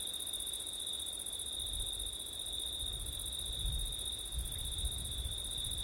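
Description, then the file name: Crickets give a constant high trill while gusts of wind rumble low and swell toward the end. Crickets on a September night, with wind; ORTF microphone setup. "crickets wind september night ortif"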